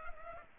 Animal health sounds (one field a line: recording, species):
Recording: mosquito wingbeat signal from an infrared sensor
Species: Culex pipiens